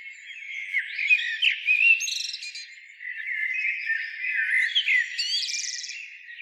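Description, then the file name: Common blackbird making a busy chatter of chirps, squeaks and slurred whistles, with a few thin high notes piercing above the main warbling. "Turdus merula"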